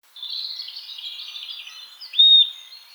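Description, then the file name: Eurasian nuthatch giving a single bright whistled call, rising quickly then steady, over continuous background noise. "Sitta europaea"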